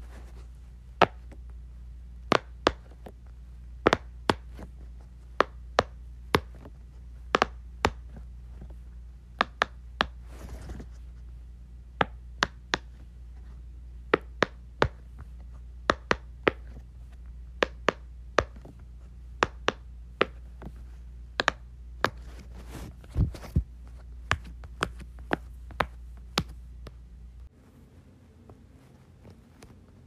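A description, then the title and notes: Pop-It bubbles snap in quick, uneven clicks, sometimes paired, over a steady low hum that cuts out near the end. ASMR Playing with my Pop-It.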